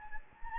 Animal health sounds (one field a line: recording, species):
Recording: mosquito wingbeat signal from an infrared sensor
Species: Anopheles gambiae